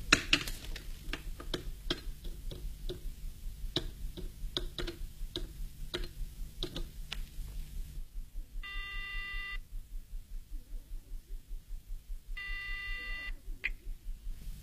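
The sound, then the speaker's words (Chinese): A quick run of sharp dialing clicks, then a phone line rings back twice with steady buzzing tones, each about a second long, separated by a pause. No one speaks. “安排停当后，夜莺马上给许文挂电话。”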